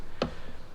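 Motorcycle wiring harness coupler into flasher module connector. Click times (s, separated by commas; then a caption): 0.2 s. On a Royal Enfield Interceptor 650, the bike's female wiring-harness coupler is pushed onto the male end of the hazard-light flasher module. A single sharp, tap-like click sounds at 0.2 s. The coupler seats.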